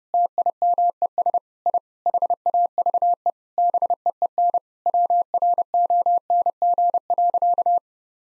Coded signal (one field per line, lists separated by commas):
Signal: Morse code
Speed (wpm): 30 wpm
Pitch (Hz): 700 Hz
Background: none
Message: TIMES I HAVE BEEN WRONG.